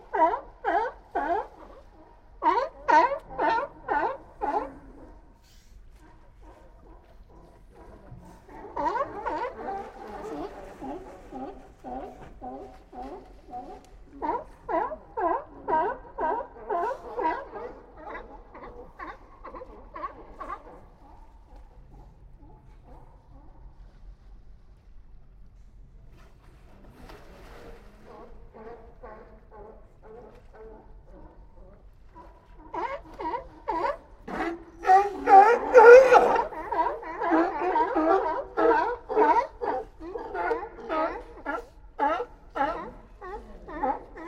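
At Old Fisherman's Wharf in Monterey Bay, animals call in rapid, pulsing barks that come in long runs with short pauses between, near 0–5, 9–21 and 27–44 seconds. The calls grow loudest and most crowded around 33–40 seconds, over a faint low hum.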